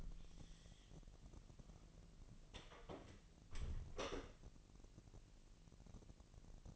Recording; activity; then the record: daily activity, microphone in the room; close door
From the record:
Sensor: 4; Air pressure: 1002.1 hPa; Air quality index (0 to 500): 248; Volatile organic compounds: 41 ppm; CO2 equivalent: 3164 ppm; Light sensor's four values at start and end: 9/21/8/8 and 10/22/9/8